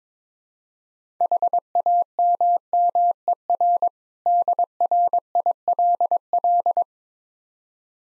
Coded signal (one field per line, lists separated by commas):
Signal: Morse code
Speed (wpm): 22 wpm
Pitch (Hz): 700 Hz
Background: none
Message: HAMMER DRILL